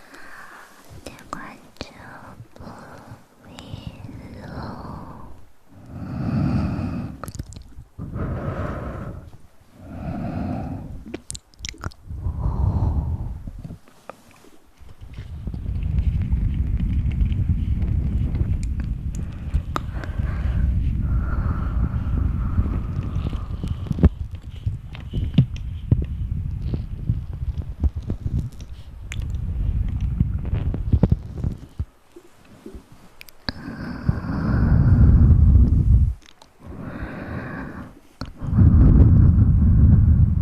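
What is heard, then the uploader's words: Mouth sounds and hand movements: a series of short blowing and puffing bursts in the first fifteen seconds, each strong in the low range. After that comes a longer, steady rumbling rush, with sharp clicks and a few loud, heavy bursts near the end. Mouth sounds, hand movements at sensitivity.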